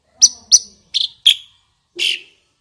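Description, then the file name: Asian pied starling calls: several harsh, scratchy squawks, the last longer and lower. Indonesian name jalak suren; the singing is described as gacor. "suara burung jalak suren gacor"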